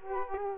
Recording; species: mosquito wingbeat signal from an infrared sensor; Culex quinquefasciatus